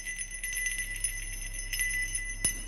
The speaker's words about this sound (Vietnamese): Đoạn lão đứng lên, đi vòng quanh bàn lễ một vòng, tay bắt đầu rung rung cái chuông, miệng lẩm nhẩm đọc thần chú.